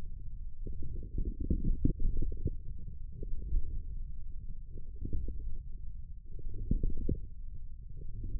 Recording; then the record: forearm muscle sounds (acoustic myography)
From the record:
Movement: wrist flexion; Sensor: system 1, eight BSWA MPA416 microphones around the upper forearm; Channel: 6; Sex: male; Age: 42 years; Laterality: right